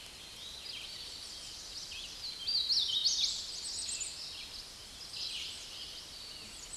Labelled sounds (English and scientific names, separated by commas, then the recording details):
Hooded Warbler (Setophaga citrina) song
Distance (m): 30 m
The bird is about 5 m above the microphone
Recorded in a Pennsylvania forest on 16 May 2024 at 09:07
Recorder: AudioMoth, point MSD-0215
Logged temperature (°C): 16.1 °C
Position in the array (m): 21 m, 150 m